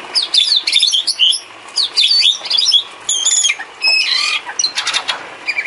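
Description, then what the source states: Bird: bird song of rapid high chirps, trills and buzzy notes in quick dense bursts. Complete masteran set of bird chirping, used to train birds.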